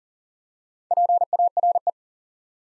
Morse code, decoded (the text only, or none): PARE